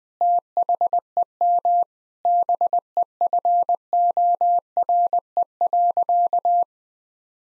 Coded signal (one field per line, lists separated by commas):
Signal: Morse code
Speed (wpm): 20 wpm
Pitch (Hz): 700 Hz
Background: none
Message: THEM BEFORE.